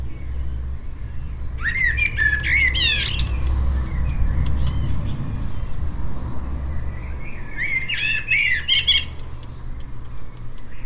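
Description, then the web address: Bird giving two bursts of harsh, squawking chattery calls with rising notes, separated by about five seconds of low rumbling background noise. "Deverinetal. Bird Only"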